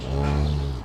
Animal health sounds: contact call of a hoofed animal; cattle; low-frequency (closed-mouth) or high-frequency (open-mouth) call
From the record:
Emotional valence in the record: negative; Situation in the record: physical separation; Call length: 0.85 s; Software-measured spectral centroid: 1700 Hz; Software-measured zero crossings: 1000 a second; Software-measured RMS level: -24 dBFS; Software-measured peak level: -13 dBFS

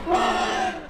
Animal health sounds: contact call of a hoofed animal; wild boar; grunt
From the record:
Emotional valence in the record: negative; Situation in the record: naturally occurring agonistic interactions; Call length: 0.90 s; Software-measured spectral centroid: 2140 Hz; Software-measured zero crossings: 2190 a second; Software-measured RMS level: -24 dBFS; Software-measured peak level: -12 dBFS

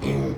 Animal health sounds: contact call of a hoofed animal; pig; closed-mouth grunt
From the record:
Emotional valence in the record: negative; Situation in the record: short social isolation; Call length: 0.38 s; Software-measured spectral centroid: 1880 Hz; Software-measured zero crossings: 960 a second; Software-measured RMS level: -24 dBFS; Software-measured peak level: -13 dBFS

